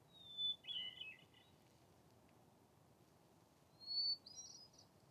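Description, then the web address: Hermit thrush singing two phrases, each opening on a long steady whistle then breaking into rapid ethereal flutes, the second phrase pitched higher, over faint low noise. Recorded at a bivy on Defiance summit on 8 July 2022. "2022-07-08-defiance-summit-bivy hermit-thrush"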